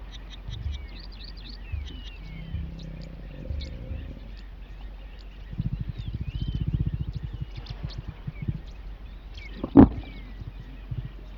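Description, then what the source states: Lion with scattered low rumbles, then a steady run of rapid, pulsing growls lasting about two seconds and a sharp thump, amid continuous chirping birdsong. During mating.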